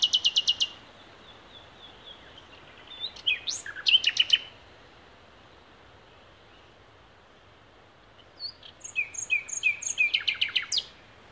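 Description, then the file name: Common nightingale song in separate phrases: a rapid rattling trill, sharp sliding chirps, a long pause, then piping notes building into another fast rattle. "Luscinia megarhynchos"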